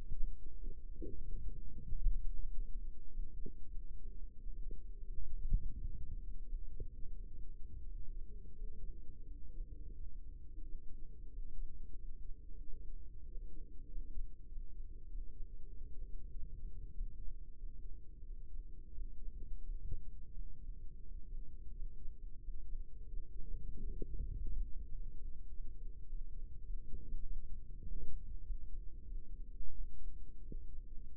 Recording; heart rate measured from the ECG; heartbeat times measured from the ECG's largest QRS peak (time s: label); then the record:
heart sounds by microphone in the right ear; 92 bpm
0.52 s: heartbeat
1.17 s: heartbeat
1.81 s: heartbeat
2.44 s: heartbeat
3.08 s: heartbeat
3.71 s: heartbeat
4.35 s: heartbeat
5.01 s: heartbeat
5.73 s: heartbeat
6.45 s: heartbeat
7.15 s: heartbeat
7.84 s: heartbeat
8.53 s: heartbeat
9.23 s: heartbeat
9.91 s: heartbeat
10.60 s: heartbeat
11.28 s: heartbeat
11.94 s: heartbeat
12.58 s: heartbeat
13.23 s: heartbeat
13.87 s: heartbeat
14.46 s: heartbeat
15.06 s: heartbeat
15.66 s: heartbeat
16.28 s: heartbeat
16.91 s: heartbeat
17.55 s: heartbeat
18.22 s: heartbeat
18.91 s: heartbeat
19.60 s: heartbeat
20.30 s: heartbeat
21.00 s: heartbeat
21.71 s: heartbeat
22.39 s: heartbeat
23.05 s: heartbeat
23.69 s: heartbeat
24.31 s: heartbeat
24.91 s: heartbeat
25.49 s: heartbeat
26.06 s: heartbeat
26.63 s: heartbeat
27.22 s: heartbeat
27.81 s: heartbeat
28.41 s: heartbeat
29.04 s: heartbeat
29.71 s: heartbeat
30.41 s: heartbeat
31.16 s: heartbeat
From the record:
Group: healthy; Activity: rest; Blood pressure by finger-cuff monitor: 110/64 mmHg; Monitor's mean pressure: 77 mmHg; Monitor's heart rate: 92 bpm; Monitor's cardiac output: 6.6 L/min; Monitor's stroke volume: 71 mL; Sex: male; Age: 22 years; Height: 181 cm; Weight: 60 kg